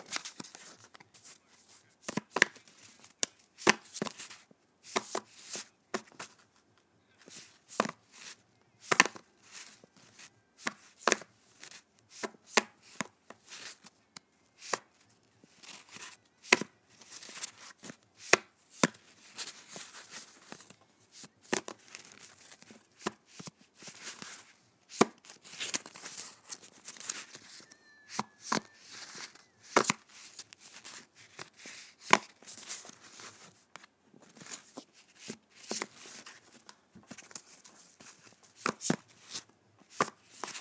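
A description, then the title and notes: Playing cards being handled, with sharp snapping clicks and soft flicks spread unevenly across the clip. The clicks come in quick clusters, some dense runs of rapid riffling, then brief quieter gaps. Faint light rustling fills the spaces between. ASMR Playing Cards.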